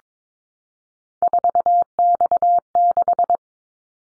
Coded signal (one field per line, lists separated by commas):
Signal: Morse code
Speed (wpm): 22 wpm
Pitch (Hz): 700 Hz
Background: none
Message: 4X6